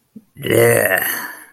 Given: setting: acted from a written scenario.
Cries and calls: vocal sound without words; disgust

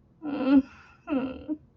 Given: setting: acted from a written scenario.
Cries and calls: vocal sound without words; shame

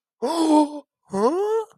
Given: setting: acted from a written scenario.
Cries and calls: vocal sound without words; elation

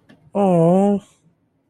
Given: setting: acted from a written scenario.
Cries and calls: vocal sound without words; sympathy

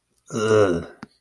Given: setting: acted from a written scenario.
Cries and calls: vocal sound without words; embarrassment

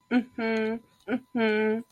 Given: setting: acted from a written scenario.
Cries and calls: vocal sound without words; triumph

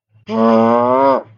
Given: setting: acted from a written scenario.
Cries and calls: vocal sound without words; pain

